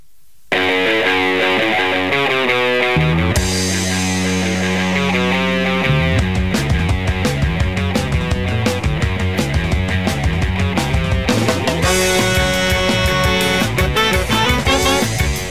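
Loud, steady rock music that thickens after a few seconds as a little distortion is added, giving a dense, gritty distorted tone with buzzing harmonics, continuing without vocals to the end.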